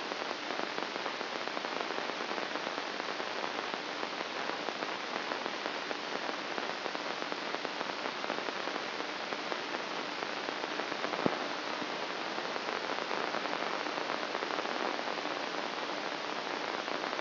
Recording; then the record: brain microelectrode recording played as sound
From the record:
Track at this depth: inside the subthalamic nucleus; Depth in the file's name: 8.137 mm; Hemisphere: left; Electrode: 2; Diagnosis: Parkinson's disease